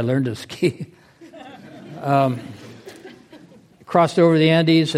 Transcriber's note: laughter